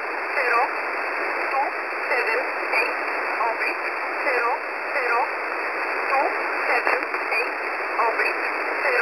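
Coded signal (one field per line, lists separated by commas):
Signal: numbers station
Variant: E11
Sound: faint voice reading short, evenly spaced words through heavy shortwave hiss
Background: radio static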